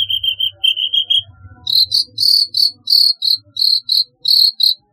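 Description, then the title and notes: Long-tailed shrike song: a steady high whistled tone broken into short pieces, then quick bursts of bright, buzzy chirps in an uneven run. "Kicau Burung Cendet"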